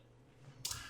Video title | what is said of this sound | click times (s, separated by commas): How to Install the SD Card on the AlienRider M2 Pro: Quick Guide! | and then give it a little push till you hear it click and then your SD card is inserted | 0.6 s